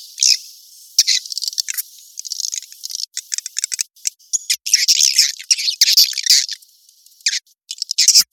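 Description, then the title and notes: Swiftlet calls, sharp high chirps and buzzy trills in irregular bursts separated by brief quiet gaps. Asia; recording used in swiftlet farming to attract birds. "Swiflet Bird Sound. Farming Swiflet Bird asia sound"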